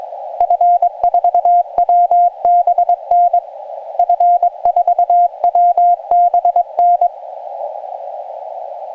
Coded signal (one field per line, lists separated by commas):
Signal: Morse code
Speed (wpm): 23 wpm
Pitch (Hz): 700 Hz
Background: radio noise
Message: F4WBN F4WBN